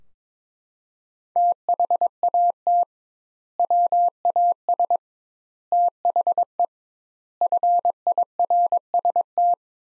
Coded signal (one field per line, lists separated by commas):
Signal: Morse code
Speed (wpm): 22 wpm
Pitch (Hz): 700 Hz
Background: none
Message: THAT WAS THE FIRST